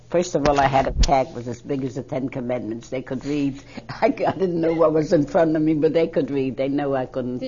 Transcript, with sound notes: First of all, I had a tag as big as the ten commandments. They could read. ( she laughs ) I didn't know what was in front of me but they could read. They knew I couldn't...